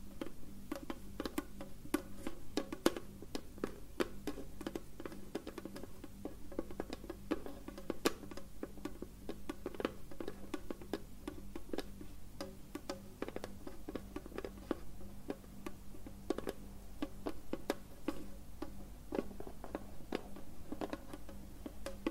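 Fingernails tap in quick, dense, irregular clicks throughout, some sharper than others, over a steady low hum that never changes.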